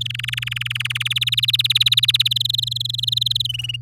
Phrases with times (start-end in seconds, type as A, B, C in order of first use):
0.01-1.03 A, 1.05-2.33 B, 2.36-3.47 C, 3.49-3.76 D